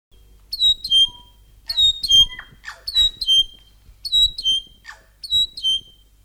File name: north island saddleback song